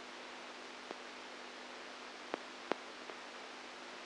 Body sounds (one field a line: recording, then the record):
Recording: brain microelectrode recording played as sound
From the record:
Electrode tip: outside the subthalamic nucleus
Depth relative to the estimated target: 3 mm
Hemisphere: right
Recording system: NeuroSet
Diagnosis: Parkinson's disease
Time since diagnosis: 10 years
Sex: female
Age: 67 years